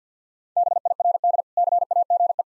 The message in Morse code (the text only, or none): BIRD CAGE